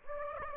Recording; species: mosquito wingbeat signal from an infrared sensor; Aedes aegypti